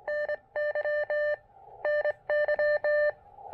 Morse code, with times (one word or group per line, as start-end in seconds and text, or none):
0.1-1.3 NY
1.9-3.1 NY